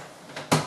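A lid is pressed onto a plastic beer fermenting vessel so it clicks into place and seals before sterilizing solution is rocked around inside. Two sharp clicks are heard: a softer one at 0.4 s and a louder one at 0.5 s. The lid seats.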